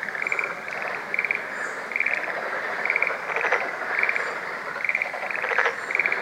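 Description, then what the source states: Black-spotted pond frog chorus of pulsed croaks, with a short, bright, rapid trill repeated several times above the rumbling calls. Recorded 21 April 2014.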